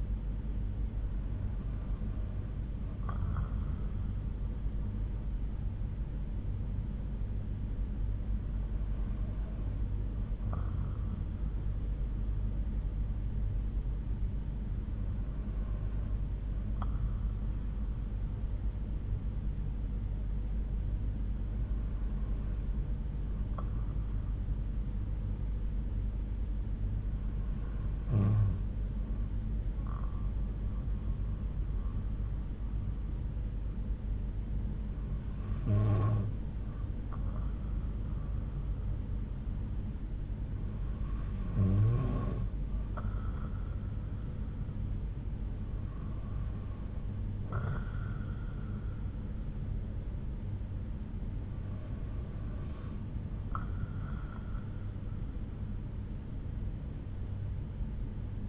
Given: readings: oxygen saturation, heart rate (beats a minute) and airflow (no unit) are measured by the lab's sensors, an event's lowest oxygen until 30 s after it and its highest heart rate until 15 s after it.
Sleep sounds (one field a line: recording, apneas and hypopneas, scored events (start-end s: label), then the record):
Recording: breathing in sleep by a smartphone at the bedside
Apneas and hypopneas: 1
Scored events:
28.00-45.40 s: hypopnea (N2, oxygen 94% highest, then 93% lowest)
From the record:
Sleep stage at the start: N2 (light sleep)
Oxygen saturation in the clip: 93 to 95%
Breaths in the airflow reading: 9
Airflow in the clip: -5.4 to 6.0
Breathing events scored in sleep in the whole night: 368 in 8.0 hours asleep